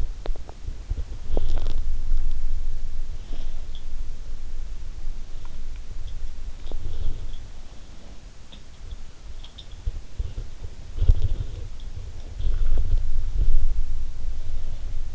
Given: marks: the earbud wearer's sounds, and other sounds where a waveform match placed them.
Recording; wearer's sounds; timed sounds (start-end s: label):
sounds in sleep by an in-ear microphone; swallowing, teeth grinding, body movement
0.00-1.60 s: swallowing
6.55-6.82 s: teeth grinding
9.99-15.15 s: body movement